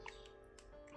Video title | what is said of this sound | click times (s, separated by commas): 胡服騎射的變形金剛分享時間1204集 Transformers EARTHRISE Deluxe IRONWORKS 地出 地球崛起 鐵工匠 | 个地方往内扣上去，OK，咔的一声就扣上了啊。 | 0.1 s